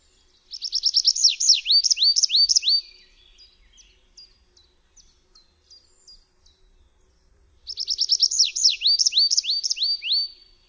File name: ŚWIERGOTEK DRZEWNY